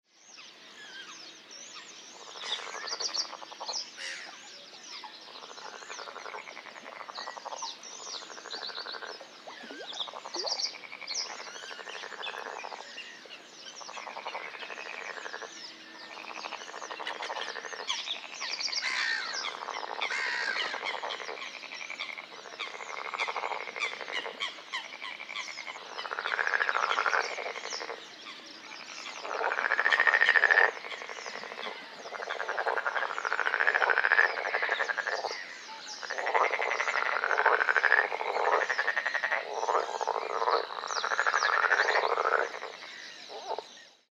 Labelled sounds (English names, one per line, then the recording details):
Edible Frog
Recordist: Frommolt, Karl-Heinz
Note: Konzert, im Hintergrund: Kuckuck, Rohrdommel, Rohrammer, Blässhuhn, Lachmöwe